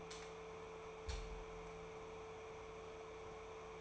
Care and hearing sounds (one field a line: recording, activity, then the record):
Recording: daily activity, microphone in the room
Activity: light on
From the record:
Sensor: 1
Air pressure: 1014.8 hPa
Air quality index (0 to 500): 188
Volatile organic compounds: 19 ppm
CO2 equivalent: 2662 ppm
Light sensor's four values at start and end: 10/25/10/11 and 14/40/15/16